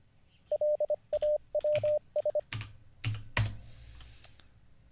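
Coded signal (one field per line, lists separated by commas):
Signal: Morse code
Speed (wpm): 25 wpm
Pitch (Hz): 600 Hz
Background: none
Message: LAWS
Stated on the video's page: Morse code learning livestream lesson.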